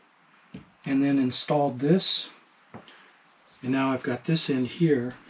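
A male quick-connect hose fitting is handled at the female quick-connect fitting mounted in a 3/4-inch hole drilled in the cap of a plastic water container, set up so the container can be released and taken away to refill. Someone talks throughout, with brief soft handling taps near 0.5 s, 2.7 s and 2.9 s. The fitting has not snapped in yet, and nothing has seated or clicked.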